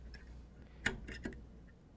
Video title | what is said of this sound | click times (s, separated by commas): 美國 Autotrol控制閥 (拆解教學) 總代理: 瑞順企業 | once it is engaged you will hear it pop | 0.9 s